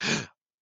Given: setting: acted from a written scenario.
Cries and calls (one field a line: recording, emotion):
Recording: vocal sound without words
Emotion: fear